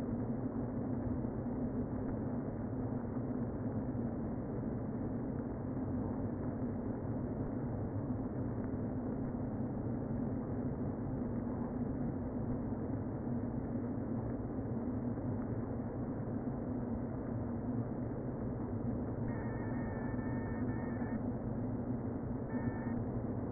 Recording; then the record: honeybee colony, microphone inside the hive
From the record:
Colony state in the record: queen present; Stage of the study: before two queens were removed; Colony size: about 60,000 bees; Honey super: yes